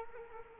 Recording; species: mosquito wingbeat signal from an infrared sensor; Culex quinquefasciatus